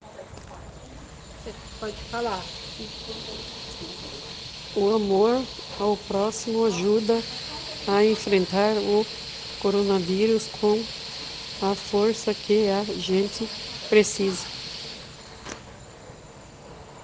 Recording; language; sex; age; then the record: spoken sentence; Brazilian Portuguese; female; 60 to 69 years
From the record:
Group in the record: respiratory insufficiency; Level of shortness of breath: 5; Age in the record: 61 years